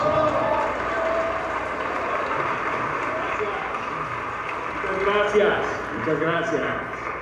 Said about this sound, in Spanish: Un aplauso, por favor.